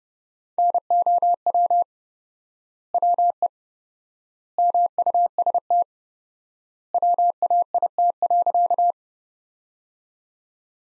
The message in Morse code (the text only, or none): NOW WE MUST WAIT.